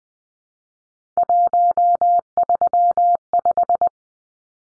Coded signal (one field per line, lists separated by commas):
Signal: Morse code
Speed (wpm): 20 wpm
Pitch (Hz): 700 Hz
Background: none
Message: 135